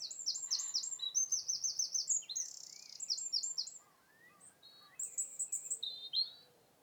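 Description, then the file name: Eurasian wren song: a loud, rapid run of high repeated notes and trills, shifting phrase by phrase, pausing briefly, then resuming with more trilled bursts. "Troglodytes troglodytes"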